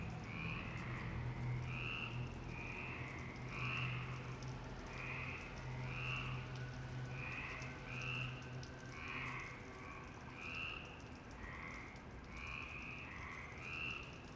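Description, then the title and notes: Frog chorus of short pulsed croaks repeating about once a second, over a steady low hum that fades partway through. Several frogs in Parc Longchamp, Marseille, Provence-Alpes-Côte d'Azur, France, 26 March 2011 at 19:35; recorded on a MixPre 6 with Basic Ucho microphones. "Marseille, Provence-Alpes-Côte d'Azur, France - 26_03_11_19_35 Longchamps_004 grenouilles. Grenouilles au parc de Longchamp MIXPRE 6 + BASIC UCHO"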